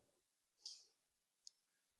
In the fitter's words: it can roll very well, but it stands up on its own. Just kind of clicks in place